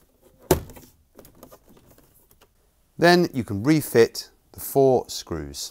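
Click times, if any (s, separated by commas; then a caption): 0.5 s. A plastic cover panel on a Samsung fridge freezer door is hooked in on the left side, then the right side is pushed into the freezer door liner until it clicks. One sharp thunk at 0.5 s shows the panel seated, followed by faint small ticks and handling noises. Then someone talks.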